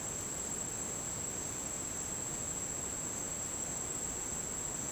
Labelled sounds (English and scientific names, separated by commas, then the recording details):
none
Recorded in dense forest near Puerto Asís, Putumayo, Colombia, on 19 June 2025 at 10:00
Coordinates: 0.484, -76.317
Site G045